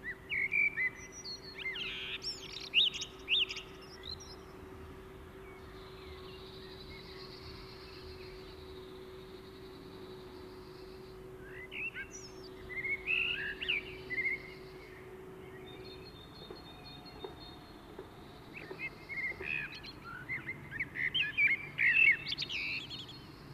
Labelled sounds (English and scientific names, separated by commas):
Common Blackbird (Turdus merula) song